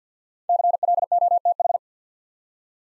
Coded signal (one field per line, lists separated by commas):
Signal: Morse code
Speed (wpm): 53 wpm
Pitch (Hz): 700 Hz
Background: none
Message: CLOTH